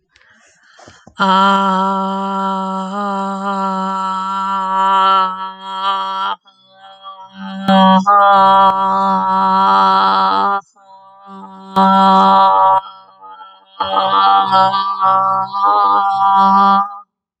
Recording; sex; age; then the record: vowel held as long as possible; female; 20 to 29 years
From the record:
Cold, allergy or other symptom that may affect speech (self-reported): no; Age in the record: 25 years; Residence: New Jersey, United States